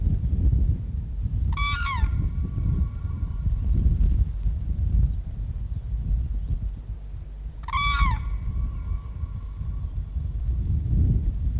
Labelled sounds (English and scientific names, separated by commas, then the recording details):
Common Crane (Grus grus) call
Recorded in the wild
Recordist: Meyer, Hugo